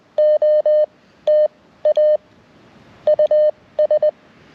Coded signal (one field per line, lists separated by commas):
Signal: Morse code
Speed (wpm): 20 wpm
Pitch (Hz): 590 Hz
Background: none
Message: OTA US